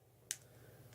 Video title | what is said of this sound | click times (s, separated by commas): Zte x max screen and display assembly replacement | just click it back together and you'll | 0.3 s